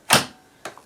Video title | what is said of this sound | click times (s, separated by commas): Hoover Velocity Upright Vacuum Cleaner Unboxing & First Look | thing I need to do is connect the handle so this pushes down until it clicks like that | 0.6 s